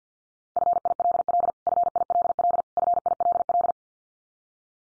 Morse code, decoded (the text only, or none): FILL FILL FILL